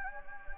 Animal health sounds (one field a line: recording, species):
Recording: mosquito wingbeat signal from an infrared sensor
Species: Anopheles gambiae